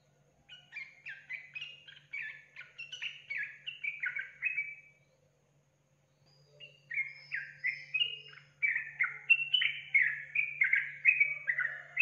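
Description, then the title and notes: Yellow-vented Bulbul song in two bursts of rapid, liquid, up-and-down notes separated by a short silence, with a faint hum underneath. Tutor recording for training caged birds; song style called tembakan; described as a champion bird. "MASTERAN Trucukan Tembakan. trucuk juara"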